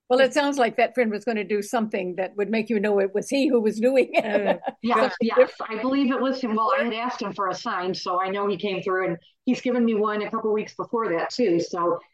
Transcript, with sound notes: Well, it sounds like that friend was gonna do something that would make you know it was he who was doing it. (laughs)
Mm-hmm. Yes, yes.
So-
Yes.
Yes. I believe it was him. Well, I had asked him for a sign, so I know he came through it. He's given me one a couple weeks before that, too.